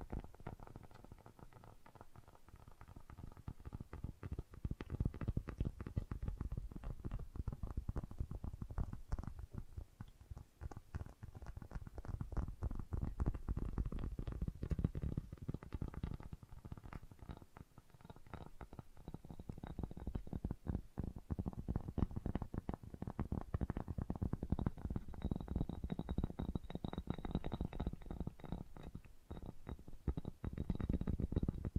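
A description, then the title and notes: Fast tapping runs nearly the whole time, a dense flurry of quick, uneven taps with a dull, low thumping body. It starts softer for the first couple of seconds, then holds steady. A faint high whine appears in the background after about 25 seconds. FAST TAPPING (No Talking).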